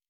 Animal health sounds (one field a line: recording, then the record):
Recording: hydrophone in a shrimp aquaculture tank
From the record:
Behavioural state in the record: normal